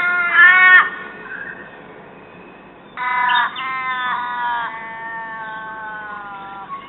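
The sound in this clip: Common raven giving one short harsh call, a pause of about two seconds, then louder calls running into a long, drawn-out hoarse note.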